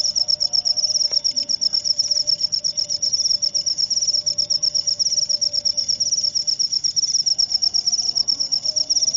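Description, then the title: Cricket chirping loudly in a fast, steady pulsed trill of high buzzy chirps, continuing without pause throughout. Loud cricket chirping used to stimulate lovebirds into continuous singing. "Suara JANGKRIK NGERIK Keras Bikin LOVEBIRD Jadi NGEKEK Terus Vubey"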